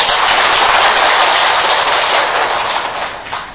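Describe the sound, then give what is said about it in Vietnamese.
A steady wash of applause from about 58 Buddhist lay followers at a retreat, many hands clapping in a dense, crackling roar that holds loud for a few seconds and then begins to thin and fade. “Như vậy thì xin tán thán quý vị Phật tử, chàng pháo tay.”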